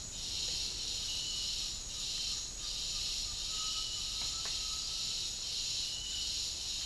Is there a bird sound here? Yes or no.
yes